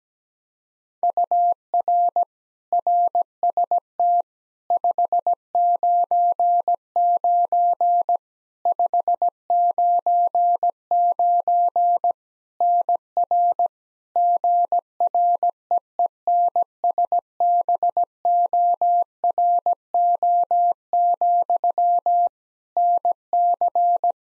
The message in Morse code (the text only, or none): UR RST 599 599 NR GREENSBORO, NC